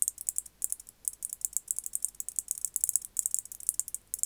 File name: Decticus albifrons